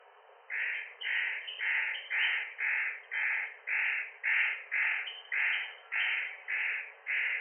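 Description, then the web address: Spotted nutcracker giving a long series of harsh, rasping, crow-like calls, more than a dozen in a row, roughly two per second, steady and even. Recorded at Osado on 7 June 2017. "koe hoshigarasu 170607 osado"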